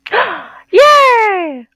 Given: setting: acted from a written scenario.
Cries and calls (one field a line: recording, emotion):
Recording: vocal sound without words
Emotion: positive surprise